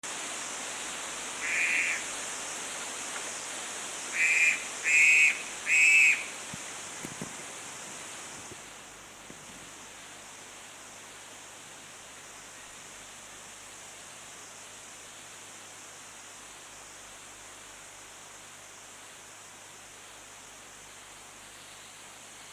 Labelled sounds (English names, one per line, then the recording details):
Black-collared Starling
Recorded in captivity
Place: Tierpark Berlin, Berlin, DE
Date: 2004-09-14 18:24
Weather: sunny, 20°C
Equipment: Sony WM-D6C, Sennheiser ME 80, Kopie Uher 4000 Report Monitor
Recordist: Tembrock, Günter